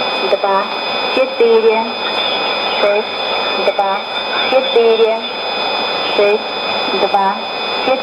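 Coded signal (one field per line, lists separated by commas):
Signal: numbers station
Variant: S06s, Russian female voice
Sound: short evenly spaced spoken words in a female voice over static and faint steady whine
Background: radio static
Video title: 04 08 2016 Number station S06s Russian Lady to Eu 0910 on 7161 unknown tx site CUSB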